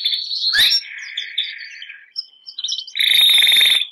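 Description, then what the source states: Canary (Bernois): canary song: a sharp upward note, a sustained soft warble, quiet chirps, then a loud buzzy rapid trill at the end. Bernois breed canary, singing.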